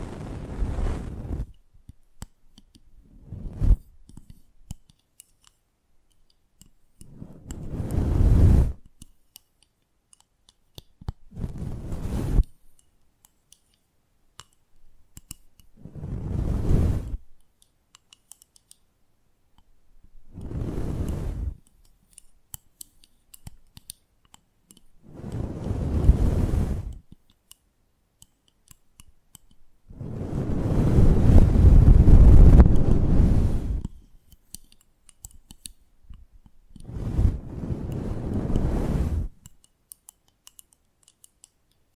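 Close-up mic treatment: about nine bursts of rubbing, crackly handling noise, each lasting one to three seconds and separated by near silence. Each burst carries a heavy low thump under snipping, clicky detail, with the longest and loudest around the 30-second mark.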